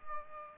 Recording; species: mosquito wingbeat signal from an infrared sensor; Aedes aegypti